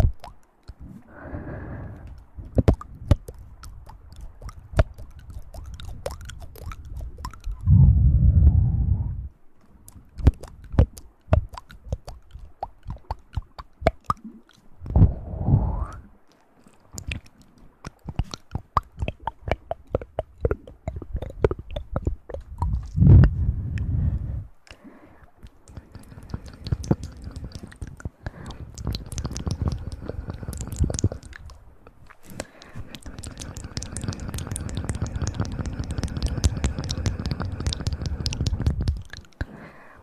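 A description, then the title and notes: Ear play with sharp clicks, taps and crinkly, chewing-like rustles scattered throughout. Deep, muffled rubbing swells in around 8, 15 and 23 seconds, then fills most of the last twelve seconds with a steady, thick scratching. TimASMR - play with your ears.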